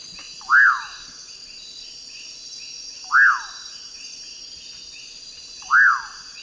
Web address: Natures Songs S America Eastern Lowlands. Nyctidromus albicollis, song